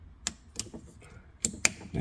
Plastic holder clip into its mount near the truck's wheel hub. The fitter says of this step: there we go okay so it's locked into place now so now we can put it where it goes which is